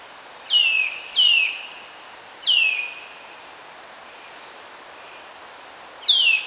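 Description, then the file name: Eurasian nuthatch repeating sharp downward-slurred whistles, two in quick succession, another after a pause and a fourth at the end, against a hissing backdrop. "Sitta europaea"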